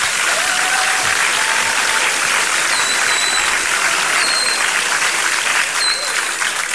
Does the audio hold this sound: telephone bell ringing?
no